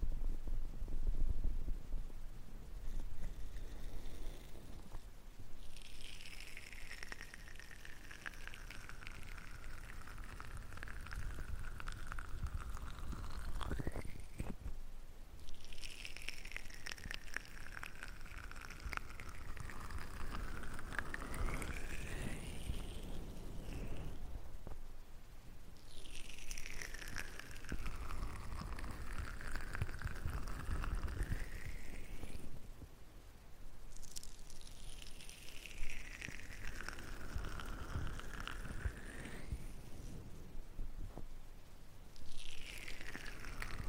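Ear cleaning sounds from a roleplay: slow, rubbing strokes that sweep down and back up in pitch, each lasting several seconds and repeating about every nine seconds. A soft low rumble runs underneath throughout, with brief quieter gaps between strokes.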